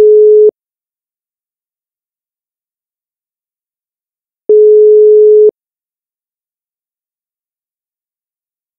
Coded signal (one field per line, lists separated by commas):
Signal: telephone call progress tone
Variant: Europe, 425 Hz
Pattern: ringback tone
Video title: Ringback tone (Russia) (Long Version)